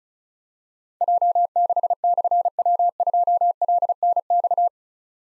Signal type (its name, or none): Morse code